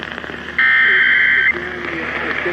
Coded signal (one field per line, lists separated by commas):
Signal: Emergency Alert System (SAME) tones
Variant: header bursts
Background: speech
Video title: TIME FOR SOME LATE NIGHT STORMS! Broadcast Radio EAS: Flash Flood Warning (EAS #424)